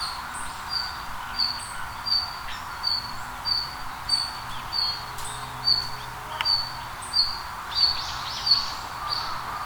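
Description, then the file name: Red-flanked bluetail repeating brief, sharp, high-pitched call notes throughout, against a constant low hiss. "ruribitaki"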